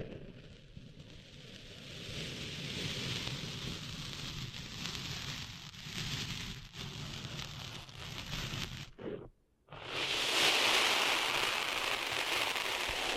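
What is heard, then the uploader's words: Ear cleaning sounds form a dense, crackly rustle, like fine sand shifting against a surface, with a low rumble underneath. It swells and dips irregularly, drops to near silence around nine seconds, then returns brighter and louder, a sharper hiss to the end. ASMR Cleaning Sand Out of Your Ears (No Talking).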